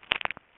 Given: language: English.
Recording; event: throat vibration sensor signal played as sound; swallow